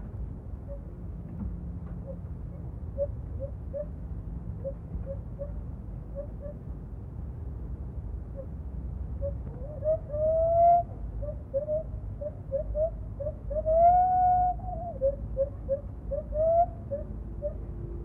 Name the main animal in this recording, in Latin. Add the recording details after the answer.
Hylobates lar. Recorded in captivity. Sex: female. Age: adult. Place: Tierpark Berlin, Berlin, DE. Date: 1967-11-21. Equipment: Kopie Smaragd. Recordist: Tembrock, Günter